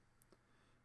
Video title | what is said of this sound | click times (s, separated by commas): Story Bikes Step Through and Commuter Assembly Spring 2022 | once set close the latch on the stem until it clicks in | 0.2 s